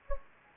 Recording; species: mosquito wingbeat signal from an infrared sensor; Anopheles gambiae